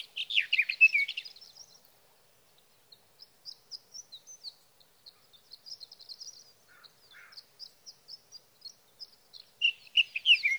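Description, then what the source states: Sage thrasher song opening with a rich warbled burst, then a long series of soft high thin notes, ending in another louder warbling flourish. Singing male near his night roost, through the night, evenings of June 12 to mornings of June 15, 2018, Sierra Valley, California; Swift recorder.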